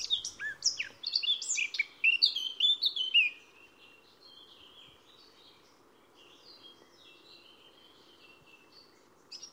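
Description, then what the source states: Eurasian Blackcap song: a brisk, varied warbled phrase of scratchy and clear notes lasting about three seconds, followed by faint twittering and a quiet background hiss. Song phrase starts somewhat angular, then changes and blossoms, ending fluty and almost blackbird-like in fullness.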